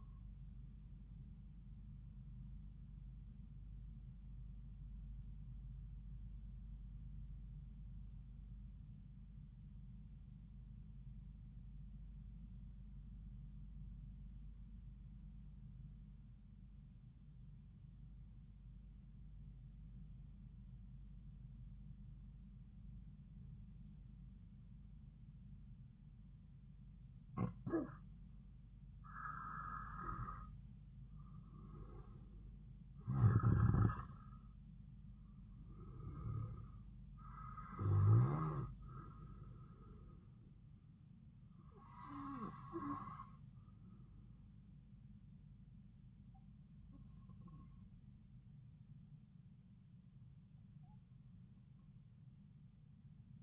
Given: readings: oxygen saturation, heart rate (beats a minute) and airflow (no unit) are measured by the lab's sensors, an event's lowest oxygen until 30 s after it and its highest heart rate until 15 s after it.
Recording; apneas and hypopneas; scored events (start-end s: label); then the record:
breathing in sleep by a smartphone at the bedside; 1
9.00-27.40 s: obstructive apnea (N2, oxygen 95% highest, then 85% lowest)
From the record:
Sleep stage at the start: N2 (light sleep); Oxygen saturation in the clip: 85 to 95%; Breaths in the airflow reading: 7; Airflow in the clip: -5.5 to 5.6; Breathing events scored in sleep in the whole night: 270 in 6.1 hours asleep